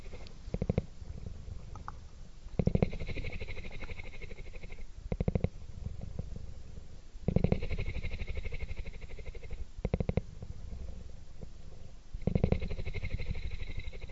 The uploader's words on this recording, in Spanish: Sonido de Ronroneo de Gato. Calmante ronroneo de gatitos. Tomamos el sonido lento de la frecuencia del ronroneo de un gato.